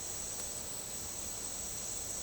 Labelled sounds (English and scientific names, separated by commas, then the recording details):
none
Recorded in dense forest near Puerto Asís, Putumayo, Colombia, on 8 March 2025 at 13:00
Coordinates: 0.467, -76.328
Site G041